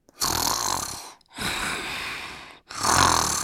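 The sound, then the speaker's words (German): A man snores during an afternoon nap in three long, loud, raspy breaths separated by brief silences, each rough and noisy as if drawn through an open mouth. No one speaks. “Dann atmet er beim Schlafen wahrscheinlich durch den Mund, weil seine Nase verstopft ist.”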